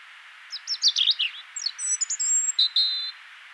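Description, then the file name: European robin singing a rapid, tumbling phrase of high twitters that breaks into thin, steady whistled notes at the end. "Erithacus rubecula"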